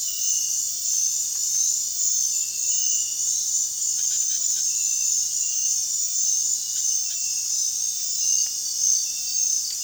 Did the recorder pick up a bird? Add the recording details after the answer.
yes. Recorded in dense forest near Puerto Asís, Putumayo, Colombia, on 25 June 2025 at 20:30. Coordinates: 0.466, -76.327. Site GP04